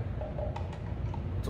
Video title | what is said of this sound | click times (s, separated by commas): SL2000 Series Step Lights | put it back in place, you'll hear it snap. | 0.6 s